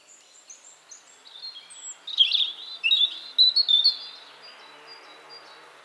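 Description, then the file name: European robin song, soft high notes building into a louder jumble of thin warbles and twitters over about two seconds. "Erithacus rubecula"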